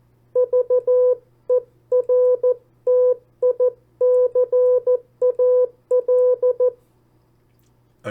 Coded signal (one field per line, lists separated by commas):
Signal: Morse code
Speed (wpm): 14 wpm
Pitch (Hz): 500 Hz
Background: none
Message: VERTICAL